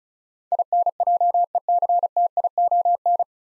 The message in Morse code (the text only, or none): INJECTION